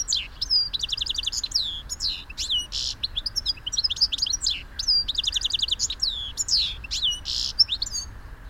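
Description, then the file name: European goldfinch calling in quick runs of bright, tinkling twitters, repeated in bursts with short buzzy notes, lively throughout. "Carduelis carduelis"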